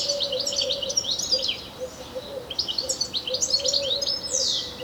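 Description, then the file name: European Goldfinch calling with fast, high twittering notes and slurred downward strokes, ending in a long falling note, with a low tone beneath. "Carduelis carduelis"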